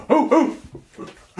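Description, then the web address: Dog barking: two quick, harsh barks close together, a few softer, fainter sounds, then another loud bark starting at the end. "playsounds 2023 szczekanie"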